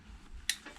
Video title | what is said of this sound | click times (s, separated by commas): Triumph Daytona 675 13+ air filter and spark plug replacement / change - basic servicing guide. | and you push that until it makes nice clicking sound | 0.5 s